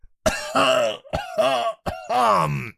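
A theatrical, exaggerated throat-clearing cough in three loud, raspy bursts, each starting with a harsh rough onset and stretching into a strained, groaning vocal tone.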